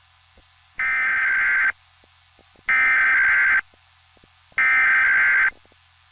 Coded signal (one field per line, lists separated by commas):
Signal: Emergency Alert System (SAME) tones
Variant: header bursts